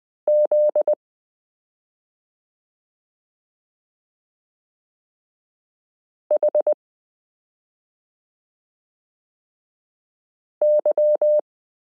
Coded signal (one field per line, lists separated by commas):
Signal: Morse code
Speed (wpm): 20 wpm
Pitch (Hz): 600 Hz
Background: none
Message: ZHY